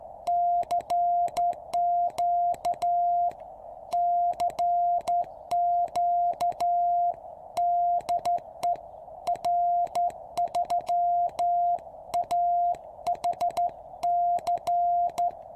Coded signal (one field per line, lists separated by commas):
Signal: Morse code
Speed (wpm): 13 wpm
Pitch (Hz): 700 Hz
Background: music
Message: CQ CQ DE R3AHC